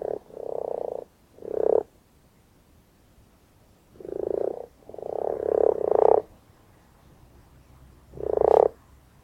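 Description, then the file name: Common frog croaks, low grating purrs in clustered bursts, several closely spaced in the middle, with quiet pauses between groups. "Grenouille rousse"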